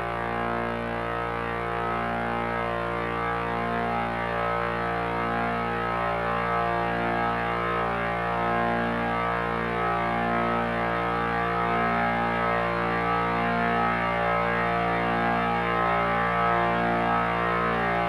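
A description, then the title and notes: A steady, dense drone with a deep low hum and stacked tones that waver slightly, holding at an even level throughout without breaks. Drone.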